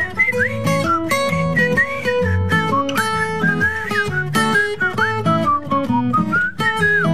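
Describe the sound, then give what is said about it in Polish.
A bright whistled tune wavers up and down in short phrases over a steady, full instrumental backing with plucked chords and bass, with no voices. “Wierz mi proszę, że kiedy jesteś, lżej się czuję, pogwizduję niby ptak.”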